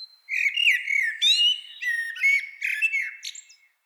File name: Turdus merula